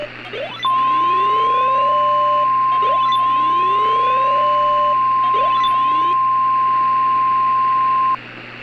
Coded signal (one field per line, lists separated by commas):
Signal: Emergency Alert System (SAME) tones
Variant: 1050 Hz attention tone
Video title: EAS Severe Thunderstorm Warning Mockup thing